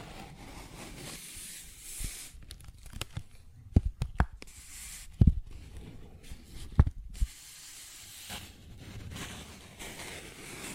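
Scratching and rustling on a paper bag, with a steady rough hiss of scraping at the start and end. In the middle, from about two to seven seconds, sharp taps land irregularly, a few louder ones standing out near four, five and seven seconds.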